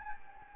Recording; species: mosquito wingbeat signal from an infrared sensor; Anopheles gambiae